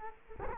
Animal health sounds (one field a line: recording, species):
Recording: mosquito wingbeat signal from an infrared sensor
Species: Culex quinquefasciatus